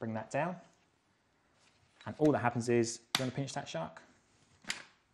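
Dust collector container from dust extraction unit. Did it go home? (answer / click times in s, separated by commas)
released / 4.7 s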